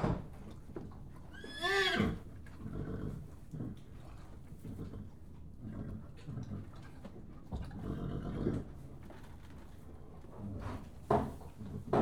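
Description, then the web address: Horse whinny, a short quavering neigh falling in pitch near the start, followed by repeated thuds, knocks and stamping with rustling through the rest. Horse kicking a stable door, in a stable. "BBC Sound Effects Library. Horse kicking stable door"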